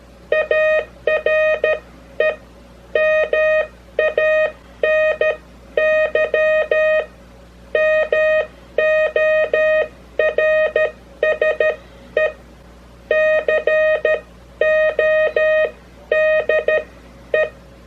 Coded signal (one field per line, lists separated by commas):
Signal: Morse code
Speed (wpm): 13 wpm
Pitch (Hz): 620 Hz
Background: none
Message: ARE MANY MORSE CODE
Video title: Morse Code (CW) Sending Details and Practice Tips